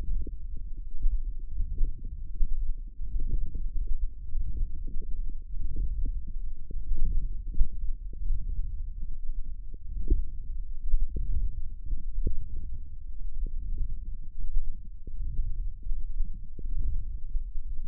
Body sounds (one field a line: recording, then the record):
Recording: forearm muscle sounds (acoustic myography)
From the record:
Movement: wrist flexion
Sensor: system 1, eight BSWA MPA416 microphones around the upper forearm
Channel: 8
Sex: male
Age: 23 years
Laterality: right